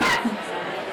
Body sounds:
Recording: coughing mixed with background sound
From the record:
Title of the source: Barking cough - # 10

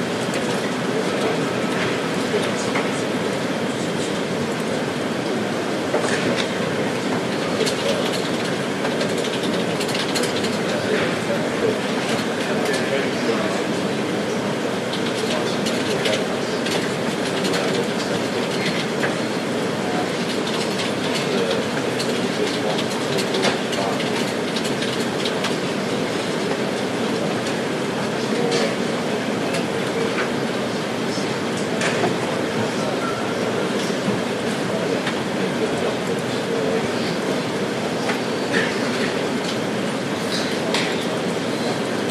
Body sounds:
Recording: background sound without coughing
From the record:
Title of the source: Office Sounds Ambience - Background Noise for Study and Work

